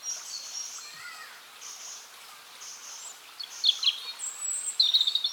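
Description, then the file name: European robin song, soft drawn-out high whistles at first, then louder sharp twittering notes ending in a quick jingling trill. "Erithacus rubecula"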